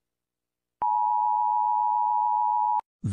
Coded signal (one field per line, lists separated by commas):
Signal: Emergency Alert System (SAME) tones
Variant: 853 and 960 Hz attention tone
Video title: eas scenario catemojibabyheat part 4